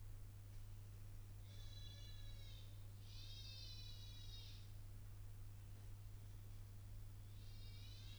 Baby Crying In The Hotel Late At Night Recorded In Hallway.